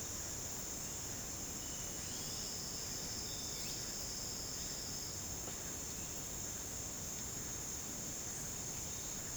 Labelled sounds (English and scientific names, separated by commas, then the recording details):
none
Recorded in dense forest near Puerto Asís, Putumayo, Colombia, on 9 March 2025 at 08:30
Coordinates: 0.486, -76.317
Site G053